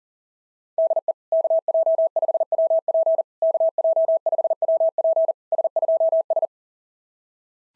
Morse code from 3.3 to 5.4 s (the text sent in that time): KJ5WP